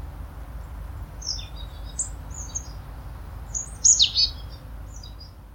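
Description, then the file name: Marsh tit calls: thin, high chirps scattered throughout, with a louder cluster of quick, sharp notes near the four-second mark over a faint steady hiss. "Poecile palustris"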